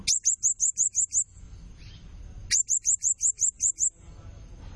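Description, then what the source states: Blue-crowned hanging parrot calling in two quick series of shrill notes, with quiet pauses between. Serindit calling persistently (gacor, nembak), used as lure and tutor sound (pemikat, nasteran) to excite and attract other birds.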